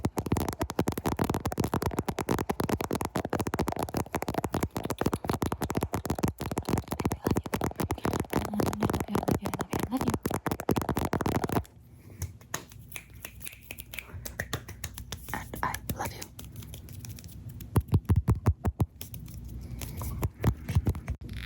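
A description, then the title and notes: Rapid tapping directly on a camera fills the first half, a dense, steady run of sharp knocks with a low rumble underneath. Near 12 seconds it abruptly drops quieter and sparser, leaving scattered taps and scrapes, with a few louder clusters around 17 to 19 seconds. ASMR Camera Tappies! (Tapping directly on the camera + your face).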